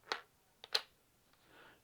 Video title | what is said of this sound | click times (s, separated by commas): Don't Take an Event Photography Job Without Owning One of These! - Camera Talk | you can watch this handle pop in | 0.8 s